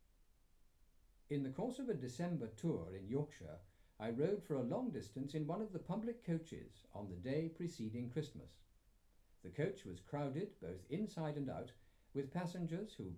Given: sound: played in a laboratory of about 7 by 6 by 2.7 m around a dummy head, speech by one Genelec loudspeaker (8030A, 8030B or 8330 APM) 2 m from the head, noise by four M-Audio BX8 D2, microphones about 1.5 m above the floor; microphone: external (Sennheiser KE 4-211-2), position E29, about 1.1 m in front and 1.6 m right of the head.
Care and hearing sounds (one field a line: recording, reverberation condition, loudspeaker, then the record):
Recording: male speech in English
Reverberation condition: low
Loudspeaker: 30 degrees to the right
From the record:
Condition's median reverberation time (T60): about 310 ms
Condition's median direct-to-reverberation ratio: about 3.5 dB